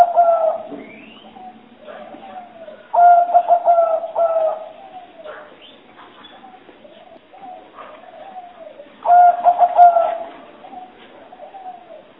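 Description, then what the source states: Spotted dove coo phrases of quick stuttered notes ending in a drawn-out coo, heard three times, with softer wavering sounds in between. Lure call for trapping, described as the most effective.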